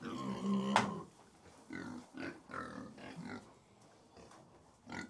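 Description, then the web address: Pigs grunting, a loud bang early on, then a series of short grunts. About 100 pigs feeding; livestock. "BBC Sound Effects Library BBC Livestock 1 Approx 100 Pigs Feeding - Middle"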